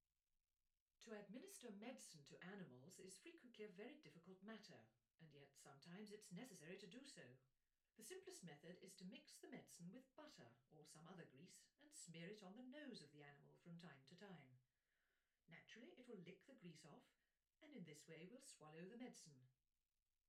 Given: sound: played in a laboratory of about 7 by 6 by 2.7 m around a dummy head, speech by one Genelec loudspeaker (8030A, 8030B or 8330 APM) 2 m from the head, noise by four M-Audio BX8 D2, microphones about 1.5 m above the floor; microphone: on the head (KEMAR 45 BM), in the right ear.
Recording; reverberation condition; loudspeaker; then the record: female speech in English; low; 30 degrees to the left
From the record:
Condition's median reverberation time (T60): about 310 ms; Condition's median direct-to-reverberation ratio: about 3.5 dB